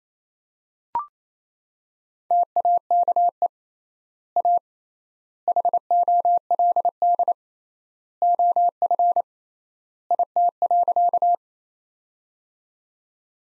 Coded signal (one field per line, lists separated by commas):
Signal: Morse code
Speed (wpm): 27 wpm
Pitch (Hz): 700 Hz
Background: none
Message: TAKE A HOLD OF IT.